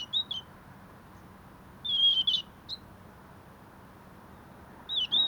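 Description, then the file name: European robin with three short, high, twittering phrases, one at the start, one mid-way and one at the end, each a quick thin warble. "Erithacus rubecula"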